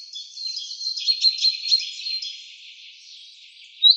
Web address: Deverinetal 2025 Bird Fr Co